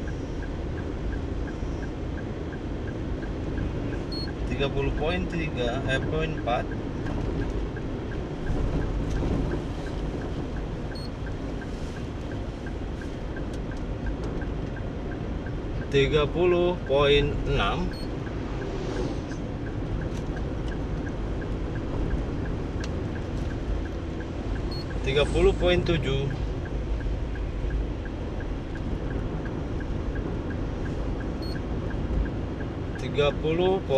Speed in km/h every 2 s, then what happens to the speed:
53, 53, 53, 53, 53, 53, 52, 52, 52, 52, 52, 52, 52, 52, 52, 52, 53.
0-34 steady at about 52.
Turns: none.